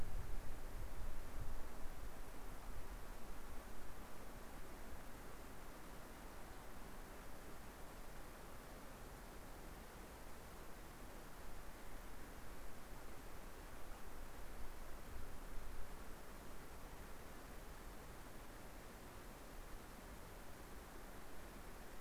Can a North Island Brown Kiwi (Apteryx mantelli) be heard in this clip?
no